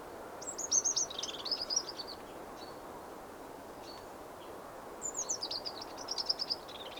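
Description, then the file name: Eurasian wren song: two bursts of very high, rapid trills and twittering notes, each lasting under two seconds, separated by a quiet pause over steady low background noise. "Troglodytes troglodytes"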